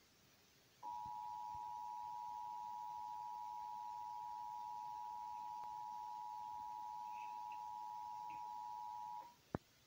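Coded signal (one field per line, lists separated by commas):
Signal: Emergency Alert System (SAME) tones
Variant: 853 and 960 Hz attention tone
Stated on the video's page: Severe thunderstorm warning EAS alert on a TV station.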